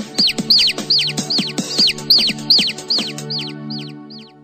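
Chicken peeping, high arched chirps repeated about two to three times a second, trailing off at the end, with a steady low hum underneath.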